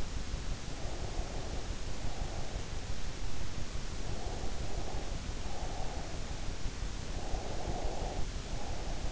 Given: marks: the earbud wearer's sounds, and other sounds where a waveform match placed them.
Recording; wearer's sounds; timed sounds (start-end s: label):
sounds in sleep by an in-ear microphone; breath
0.51-3.10 s: breath
4.01-6.13 s: breath
7.09-9.12 s: breath